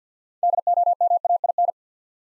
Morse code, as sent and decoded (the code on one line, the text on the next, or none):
-.. --- -- .- .. -.
DOMAIN